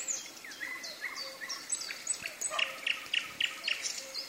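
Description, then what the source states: Common nightingale song, soft whistled slurs at first, then a steady run of five loud, sharp repeated notes, about four each second, near the end. Singing in the evening, with thunder.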